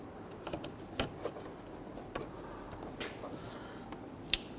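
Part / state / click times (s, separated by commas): wiring harness connector into front marker light / seated / 4.3 s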